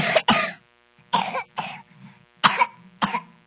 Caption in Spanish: Tos intensa, se le conoce como tos coqueluchoide. Popularmente se dice que la tos es como una tos perruna. Puede provocar pausas en la respiración, conocidas como apneas, y en casos graves derivar en neumonía, convulsiones o incluso daño cerebral por falta de oxígeno.